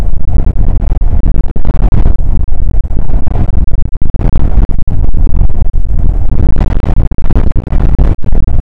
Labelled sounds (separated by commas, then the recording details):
wind
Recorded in the Prudhoe Bay oil fields, Alaska, on 19 July 2019 at 00:05
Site 25